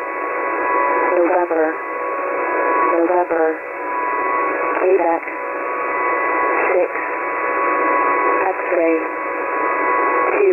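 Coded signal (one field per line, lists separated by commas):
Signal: coded military voice message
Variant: HFGCS Emergency Action Message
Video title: HFGCS EAM 231223 16:16 UTC [92 CHARACTER MESSAGE]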